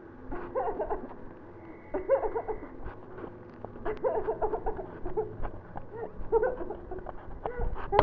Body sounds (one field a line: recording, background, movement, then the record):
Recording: laughter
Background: traffic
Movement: sitting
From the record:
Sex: female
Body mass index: 18.8 kg/m2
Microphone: on the chest, facing the body